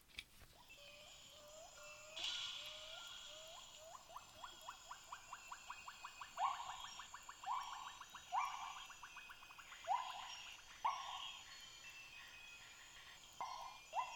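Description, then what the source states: White-handed gibbon hooting, a run of rising hoots that speeds up into rapid notes, then louder swooping hoots at intervals. Group of white-handed gibbons in Malaysian rainforest, calling after a bout of play with high-pitched hoots that boomed out over the surrounding forest.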